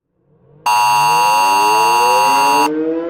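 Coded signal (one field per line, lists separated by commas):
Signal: Emergency Alert System (SAME) tones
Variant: 853 and 960 Hz attention tone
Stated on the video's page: Simulated EAS scenario recorded from a Windows 11 Pro computer.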